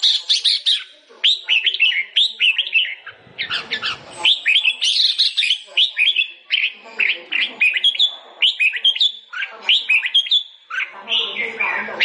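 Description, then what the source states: Sooty-headed bulbul song of fast, lively whistled and chattering notes in many short bright bursts. Local name kutilang; described as gacor, a bird in full, frequent song.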